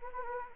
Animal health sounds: mosquito wingbeat signal from an infrared sensor; Anopheles gambiae

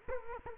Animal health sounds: mosquito wingbeat signal from an infrared sensor; Culex quinquefasciatus

